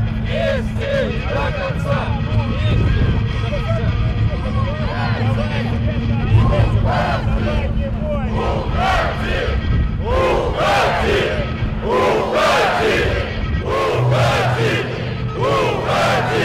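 A crowd at a street protest in Belarus, with many voices shouting and chanting together in a dense, continuous mass. Louder rhythmic bursts of chanting swell from about ten seconds on, over a steady low rumble like traffic or engines.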